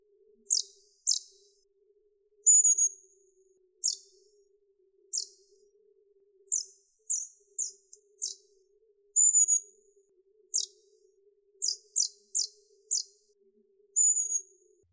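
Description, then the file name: Long-tailed tit calls: short, very high sharp notes at irregular intervals, mixed with several drawn-out thin high whistles, against near silence and a faint steady hum. "La mésange à longue queue - Damien Drillet"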